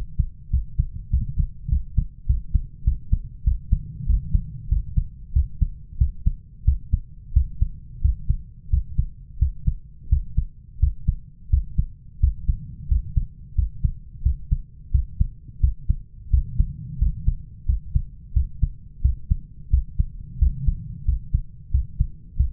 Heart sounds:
heart sounds by stethoscope; 91 bpm
0.52 s: heartbeat
1.12 s: heartbeat
1.71 s: heartbeat
2.28 s: heartbeat
2.86 s: heartbeat
3.46 s: heartbeat
4.08 s: heartbeat
4.71 s: heartbeat
5.35 s: heartbeat
6.00 s: heartbeat
6.67 s: heartbeat
7.35 s: heartbeat
8.03 s: heartbeat
8.72 s: heartbeat
9.41 s: heartbeat
10.11 s: heartbeat
10.82 s: heartbeat
11.52 s: heartbeat
12.22 s: heartbeat
12.90 s: heartbeat
13.57 s: heartbeat
14.25 s: heartbeat
14.93 s: heartbeat
15.62 s: heartbeat
16.32 s: heartbeat
17.01 s: heartbeat
17.68 s: heartbeat
18.35 s: heartbeat
19.04 s: heartbeat
19.72 s: heartbeat
20.41 s: heartbeat
21.07 s: heartbeat
21.73 s: heartbeat
22.39 s: heartbeat
From the record:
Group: healthy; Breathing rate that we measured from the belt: 15 breaths a minute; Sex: male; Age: 21 years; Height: 175 cm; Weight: 72.6 kg

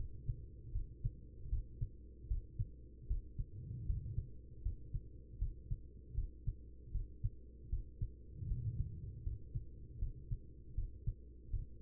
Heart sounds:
heart sounds by stethoscope; 78 bpm
0.72 s: heartbeat
1.49 s: heartbeat
2.27 s: heartbeat
3.07 s: heartbeat
3.86 s: heartbeat
4.62 s: heartbeat
5.38 s: heartbeat
6.14 s: heartbeat
6.91 s: heartbeat
7.69 s: heartbeat
8.47 s: heartbeat
9.23 s: heartbeat
9.98 s: heartbeat
10.74 s: heartbeat
11.50 s: heartbeat
From the record:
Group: healthy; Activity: rest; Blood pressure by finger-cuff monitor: 86/63 mmHg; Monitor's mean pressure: 72 mmHg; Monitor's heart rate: 79 bpm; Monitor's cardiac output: 5.1 L/min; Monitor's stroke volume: 65 mL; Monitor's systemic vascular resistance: 1010 dyn s/cm5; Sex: female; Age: 43 years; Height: 160 cm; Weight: 90 kg

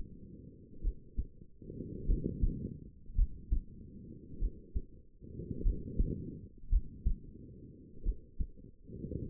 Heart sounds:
heart sounds by stethoscope; 50 bpm
0.82 s: heartbeat
2.07 s: heartbeat
3.16 s: heartbeat
4.40 s: heartbeat
5.63 s: heartbeat
6.70 s: heartbeat
8.03 s: heartbeat
From the record:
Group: healthy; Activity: rest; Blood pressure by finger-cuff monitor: 107/65 mmHg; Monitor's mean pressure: 78 mmHg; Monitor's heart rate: 48 bpm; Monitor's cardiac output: 4.7 L/min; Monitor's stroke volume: 95 mL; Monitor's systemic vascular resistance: 1190 dyn s/cm5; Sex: female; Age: 28 years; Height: 170 cm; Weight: 77 kg

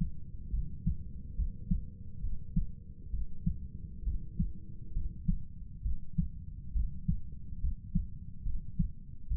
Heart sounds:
heart sounds by stethoscope; 68 bpm
0.52 s: heartbeat
1.37 s: heartbeat
2.22 s: heartbeat
3.11 s: heartbeat
4.05 s: heartbeat
4.94 s: heartbeat
5.83 s: heartbeat
6.73 s: heartbeat
7.61 s: heartbeat
8.44 s: heartbeat
9.29 s: heartbeat
From the record:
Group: healthy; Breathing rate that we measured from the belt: 20 breaths a minute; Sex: male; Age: 35 years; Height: 180 cm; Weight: 86.9 kg

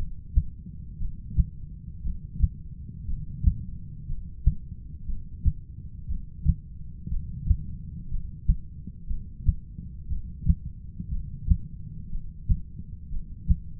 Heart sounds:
heart sounds by stethoscope; 59 bpm
0.98 s: heartbeat
2.02 s: heartbeat
3.06 s: heartbeat
4.07 s: heartbeat
5.06 s: heartbeat
6.07 s: heartbeat
7.09 s: heartbeat
8.10 s: heartbeat
9.08 s: heartbeat
10.08 s: heartbeat
11.10 s: heartbeat
12.10 s: heartbeat
13.10 s: heartbeat
From the record:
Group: heart failure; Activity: rest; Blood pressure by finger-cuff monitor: 111/77 mmHg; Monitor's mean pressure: 90 mmHg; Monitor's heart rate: 59 bpm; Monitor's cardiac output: 6.4 L/min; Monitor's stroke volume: 108 mL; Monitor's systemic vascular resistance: 1020 dyn s/cm5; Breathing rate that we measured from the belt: 15 breaths a minute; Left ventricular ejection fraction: 25%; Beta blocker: metoprolol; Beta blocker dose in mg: 62.5 twice daily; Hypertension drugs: ramipril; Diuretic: furosemide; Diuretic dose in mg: 40 twice daily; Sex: male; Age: 57 years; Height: 180 cm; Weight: 90.5 kg

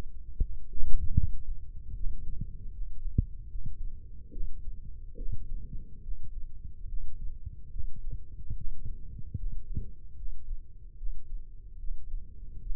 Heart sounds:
heart sounds by microphone in the left ear; 74 bpm
0.39 s: heartbeat
1.14 s: heartbeat
1.93 s: heartbeat
2.71 s: heartbeat
3.48 s: heartbeat
4.31 s: heartbeat
5.16 s: heartbeat
6.01 s: heartbeat
6.87 s: heartbeat
7.70 s: heartbeat
8.55 s: heartbeat
9.35 s: heartbeat
10.15 s: heartbeat
10.96 s: heartbeat
11.78 s: heartbeat
12.59 s: heartbeat
From the record:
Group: healthy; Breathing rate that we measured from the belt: 18 breaths a minute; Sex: male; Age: 35 years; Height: 178 cm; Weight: 64 kg

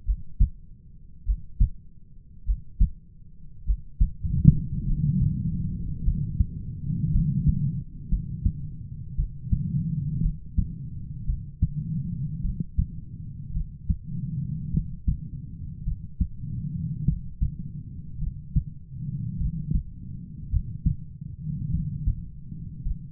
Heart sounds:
heart sounds by stethoscope; 53 bpm
0.03 s: heartbeat
1.23 s: heartbeat
2.43 s: heartbeat
3.63 s: heartbeat
4.83 s: heartbeat
6.02 s: heartbeat
7.10 s: heartbeat
8.08 s: heartbeat
9.15 s: heartbeat
10.20 s: heartbeat
11.25 s: heartbeat
12.41 s: heartbeat
13.52 s: heartbeat
14.70 s: heartbeat
15.83 s: heartbeat
17.04 s: heartbeat
18.18 s: heartbeat
19.37 s: heartbeat
20.49 s: heartbeat
21.69 s: heartbeat
22.82 s: heartbeat
From the record:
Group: heart failure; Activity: breath hold 0-7 s, rest 7-23 s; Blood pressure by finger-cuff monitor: 81/46 mmHg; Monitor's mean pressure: 59 mmHg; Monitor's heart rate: 51 bpm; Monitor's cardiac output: 4 L/min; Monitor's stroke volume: 76 mL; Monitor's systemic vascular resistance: 1000 dyn s/cm5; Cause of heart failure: dilated cardiomyopathy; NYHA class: 3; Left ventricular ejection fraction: 27%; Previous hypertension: present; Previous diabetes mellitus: present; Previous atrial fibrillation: present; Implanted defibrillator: present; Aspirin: present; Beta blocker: bisoprolol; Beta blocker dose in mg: 1.25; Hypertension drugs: sacubitril-valsartan, spironolactone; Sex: female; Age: 39 years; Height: 170 cm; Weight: 64 kg

